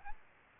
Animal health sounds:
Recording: mosquito wingbeat signal from an infrared sensor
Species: Aedes albopictus

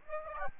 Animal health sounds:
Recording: mosquito wingbeat signal from an infrared sensor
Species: Aedes albopictus

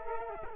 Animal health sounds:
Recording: mosquito wingbeat signal from an infrared sensor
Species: Culex quinquefasciatus

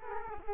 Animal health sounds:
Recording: mosquito wingbeat signal from an infrared sensor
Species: Culex quinquefasciatus

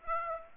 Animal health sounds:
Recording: mosquito wingbeat signal from an infrared sensor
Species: Aedes aegypti

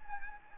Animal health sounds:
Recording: mosquito wingbeat signal from an infrared sensor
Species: Anopheles gambiae

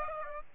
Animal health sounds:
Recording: mosquito wingbeat signal from an infrared sensor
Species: Aedes aegypti

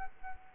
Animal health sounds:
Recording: mosquito wingbeat signal from an infrared sensor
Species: Culex quinquefasciatus

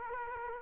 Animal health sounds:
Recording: mosquito wingbeat signal from an infrared sensor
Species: Culex quinquefasciatus

